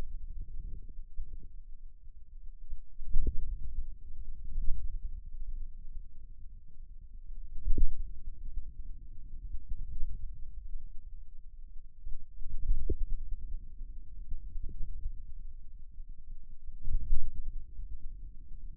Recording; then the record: forearm muscle sounds (acoustic myography)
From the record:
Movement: hand closing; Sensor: system 2, bracelet of six BSWA MPA416 microphones around the upper forearm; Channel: 2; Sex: male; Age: 22 years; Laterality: right